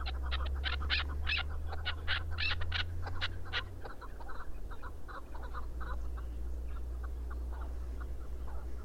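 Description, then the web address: Chukar partridge calls, loud harsh chuck notes in quick series early on, fading to softer scattered clucks, with a low hum in the background. "sound Chukar. صدای-کبک-چوکار"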